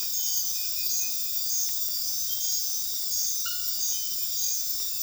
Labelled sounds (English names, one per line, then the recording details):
none
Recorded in secondary vegetation near Puerto Asís, Putumayo, Colombia, on 20 February 2024 at 04:00
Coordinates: 0.481, -76.323
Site G6376